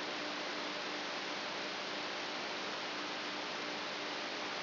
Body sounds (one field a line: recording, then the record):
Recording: brain microelectrode recording played as sound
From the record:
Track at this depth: inside the subthalamic nucleus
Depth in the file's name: 8.137 mm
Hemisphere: left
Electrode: 3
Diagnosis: Parkinson's disease